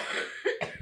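Two or three quick, harsh coughs in close succession within under a second, with a rough, hacking, wet-sounding quality, from an adult woman who is sick with a cold.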